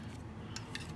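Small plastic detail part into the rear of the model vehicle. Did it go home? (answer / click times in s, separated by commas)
no / none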